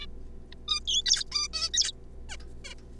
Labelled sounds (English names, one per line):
Zebra Finch